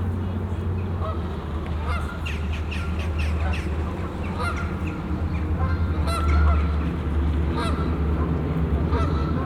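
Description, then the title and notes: Goose: geese honking in a dense flock, calls overlapping rapidly, over a strong low-pitched background rumble. Geese on the pond of Bouchout castle, Meise botanical garden, Belgium; binaural recording. "Plantentuin, Meise, Belgique - Oies - Geese. Meise, jardin botanique. Des oies sur l'étang du chateau de Bouchout. Enregistrement binaural"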